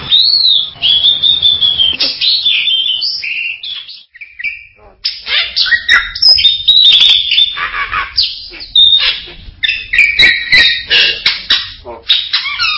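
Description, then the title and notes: Bird song, loud whistled notes and harsh chattering phrases in rapid bursts, broken by a short quieter gap after the first few seconds. "Bird Sound. Kicau Burung Lengkap"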